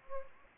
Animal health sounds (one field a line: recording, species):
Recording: mosquito wingbeat signal from an infrared sensor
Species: Anopheles gambiae